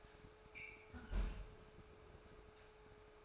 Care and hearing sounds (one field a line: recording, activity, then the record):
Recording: daily activity, microphone in the room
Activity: close fridge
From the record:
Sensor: 2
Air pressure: 1004.4 hPa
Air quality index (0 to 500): 186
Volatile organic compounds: 10 ppm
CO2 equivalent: 2233 ppm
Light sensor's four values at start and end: 4/10/4/4 and 4/10/4/4